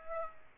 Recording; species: mosquito wingbeat signal from an infrared sensor; Aedes aegypti